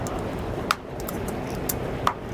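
The control module of a Lippert Ground Control 5th wheel RV leveling system on a 2015 Forest River Vengeance is hooked in at the bottom, pressed down, and its side tabs are pushed into a plastic mount under steady background noise. Sharp plastic snaps sound at 0.7 s and 1.7 s, then a loud click at 2.1 s as the module seats firmly in its mount.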